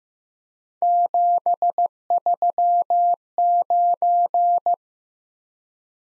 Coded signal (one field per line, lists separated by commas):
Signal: Morse code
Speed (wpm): 15 wpm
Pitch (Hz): 700 Hz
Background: none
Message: 739